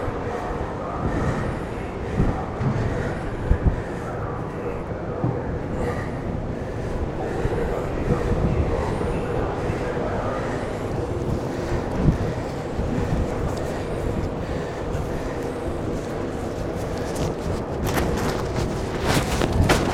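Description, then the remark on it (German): Steady, rumbling wind buffets a clip-on microphone on an observation platform in the harbor of Dagebüll, a dense low roar with gusty bursts throughout, growing harsher and brighter toward the end, with no talking. “So, ich spaziere hier meine Aussichtsplattform rauf im Hafen von Dagebüll und es ist windig.”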